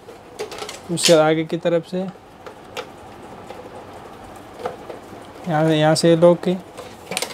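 On an HP P1020 Plus laser printer being taken apart, a plastic snap lock holding the outer side cover onto the chassis is worked loose from the front. Someone talks amid soft handling taps, then a sharp click with a brief ratchet-like rattle sounds at 7.2 s as the clip unlatches and the cover lock is released.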